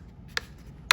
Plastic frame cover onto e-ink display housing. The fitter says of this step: and then pressing on the the frame cover itself. And it just snaps into place.